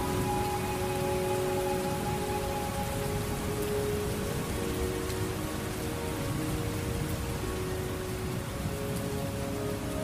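Soft, sustained flute notes drift over a steady, dense wash of rain that stays even for the full ten seconds. A low, rolling rumble sits underneath throughout, and the flute tones hold long and overlap rather than moving quickly.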